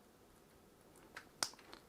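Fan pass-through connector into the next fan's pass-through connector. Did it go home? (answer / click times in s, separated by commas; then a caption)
yes / 1.4 s. Plastic ARGB/PWM pass-through connectors on the fans of an ALSEYE M240 White 240mm ARGB AIO water cooling kit are pushed together by hand, one fan's pass-through going into the next fan's. After faint handling ticks around 1.2 s, a sharp snap at 1.4 s marks the connector seating in place, followed by lighter ticks near 1.6 s and 1.7 s.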